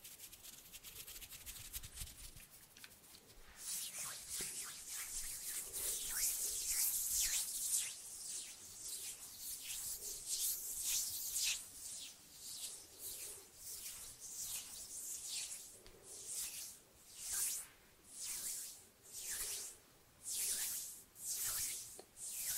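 Hand sounds and finger fluttering around a microphone: a few faint ticks for the first few seconds, then dense, bright rubbing and hissing swells in. After about fifteen seconds it turns into regular whooshing pulses, roughly one per second, until the end.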